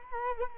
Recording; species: mosquito wingbeat signal from an infrared sensor; Culex quinquefasciatus